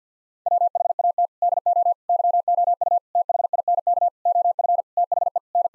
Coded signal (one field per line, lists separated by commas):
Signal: Morse code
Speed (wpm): 50 wpm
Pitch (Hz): 700 Hz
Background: none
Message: WHAT DO YOU THINK OF THE N